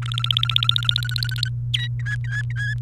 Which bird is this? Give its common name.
Domestic Canary